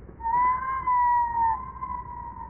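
Whale call: a long, steady, moaning tone held for about two seconds, gently wavering in pitch over a soft background hiss.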